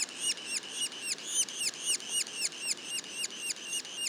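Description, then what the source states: Yellow-bellied sapsucker young giving a steady run of high, curved, harmonic notes, close to four per second, evenly paced for the whole stretch. Juveniles, Mont-Orford National Park, Quebec.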